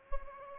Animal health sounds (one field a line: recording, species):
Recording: mosquito wingbeat signal from an infrared sensor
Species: Aedes albopictus